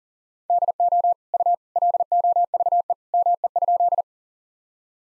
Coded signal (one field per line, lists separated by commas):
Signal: Morse code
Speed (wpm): 37 wpm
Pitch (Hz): 700 Hz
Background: none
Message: DO U LOVE ME?